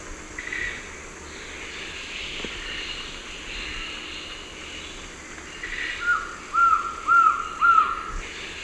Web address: Natures Songs S America Eastern Lowlands Trogon rufus, song